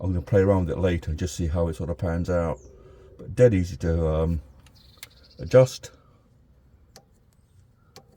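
Someone talks about adjusting the Gaz front telescopic damper kit fitted to a 1972 MGB GT, then turns the adjuster knob on the front telescopic shock absorber through its detent positions. Three short ticks are heard at 7.0, 7.3 and 8.0 seconds as the adjuster clicks into setting number three, where it is seated.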